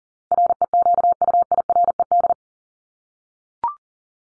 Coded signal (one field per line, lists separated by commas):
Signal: Morse code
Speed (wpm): 40 wpm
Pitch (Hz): 700 Hz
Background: none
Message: REQUIRED